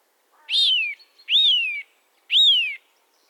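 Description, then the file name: Eurasian nuthatch giving three loud whistled calls in quick succession, each rising sharply then sliding down. "Sitta europaea"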